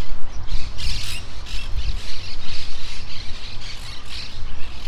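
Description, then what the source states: Monk parakeets squawking in a chattering flock, harsh overlapping bursts over a steady low rumble. In trees near the coast of Playa Ancha.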